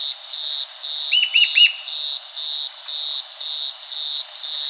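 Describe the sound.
Bird gives a single quick burst of a few arched chirps amid a constant, pulsing insect chorus.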